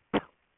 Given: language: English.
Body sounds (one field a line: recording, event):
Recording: throat vibration sensor signal played as sound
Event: cough